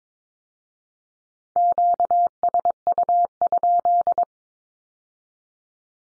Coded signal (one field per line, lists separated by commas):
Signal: Morse code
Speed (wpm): 22 wpm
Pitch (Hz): 700 Hz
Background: none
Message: QSU?